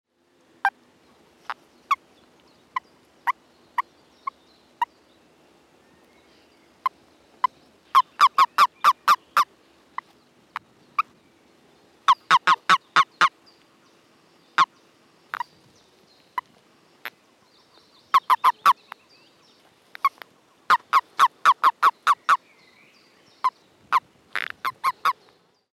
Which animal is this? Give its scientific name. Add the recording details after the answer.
Bufo bufo. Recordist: Tembrock, Günter. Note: Männchen: Rufe